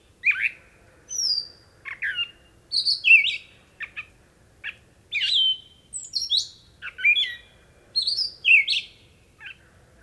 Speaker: Here, a lone catbird sings a beautiful night song as frogs croak and bellow in the distance.